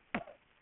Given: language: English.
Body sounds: throat vibration sensor signal played as sound; cough

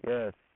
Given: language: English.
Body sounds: throat vibration sensor signal played as sound; speech

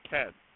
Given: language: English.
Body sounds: throat vibration sensor signal played as sound; speech

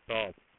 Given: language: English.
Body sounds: throat vibration sensor signal played as sound; speech

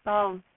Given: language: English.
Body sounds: throat vibration sensor signal played as sound; speech

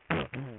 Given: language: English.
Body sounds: throat vibration sensor signal played as sound; throat clearing

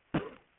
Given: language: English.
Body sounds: throat vibration sensor signal played as sound; cough

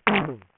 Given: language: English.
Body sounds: throat vibration sensor signal played as sound; throat clearing

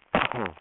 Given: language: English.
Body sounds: throat vibration sensor signal played as sound; cough

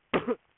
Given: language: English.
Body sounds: throat vibration sensor signal played as sound; cough

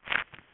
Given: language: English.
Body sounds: throat vibration sensor signal played as sound; swallow

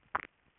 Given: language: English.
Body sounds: throat vibration sensor signal played as sound; swallow

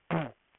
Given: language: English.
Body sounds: throat vibration sensor signal played as sound; throat clearing

